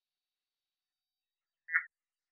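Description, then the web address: Red-eyed tree frog giving a single short, clipped chack note late, surrounded by silence. "Agalychnis callidryas"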